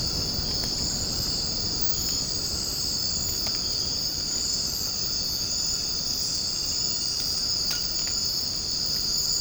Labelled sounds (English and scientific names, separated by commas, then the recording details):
none
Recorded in secondary vegetation near Puerto Asís, Putumayo, Colombia, on 12 March 2025 at 02:00
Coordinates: 0.481, -76.318
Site G097